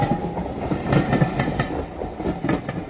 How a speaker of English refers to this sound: Hurry, hurry, the express is coming. Oh, too late. Help!